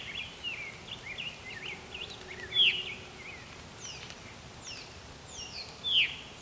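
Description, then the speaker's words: Veery calls: two strong descending 'veer' notes a few seconds apart, among softer short notes. Recorded very close; the call the species is named for; bird calling energetically, opening its wings as it called. "I don't think I've ever recorded a veery this close before."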